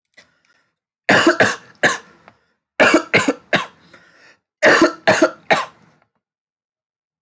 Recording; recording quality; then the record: heavy voluntary cough; excellent, no background noise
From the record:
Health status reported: healthy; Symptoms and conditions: asthma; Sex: male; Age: 22 years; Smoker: not ticked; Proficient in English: yes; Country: India